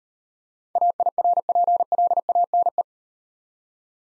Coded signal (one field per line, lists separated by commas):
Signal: Morse code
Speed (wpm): 37 wpm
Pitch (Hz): 700 Hz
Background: none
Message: AIRPLANE